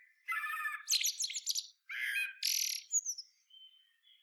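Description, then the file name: Common blackbird song with a mellow warbled opening broken by rapid, high, squeaky twittering notes, ending in faint thin whistles. "Turdus merula"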